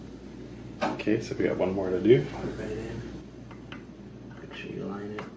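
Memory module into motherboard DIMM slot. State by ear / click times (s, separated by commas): seated / 5.2 s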